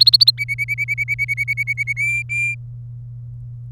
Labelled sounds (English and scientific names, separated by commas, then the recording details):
Domestic Canary (Serinus canaria) song
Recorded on 27 April 2018 at 12:28
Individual llb3